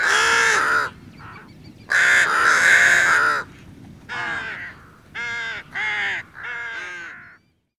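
Rook harsh caws: a caw, a long grating call, then several shorter separate caws in quick succession.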